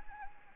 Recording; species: mosquito wingbeat signal from an infrared sensor; Anopheles gambiae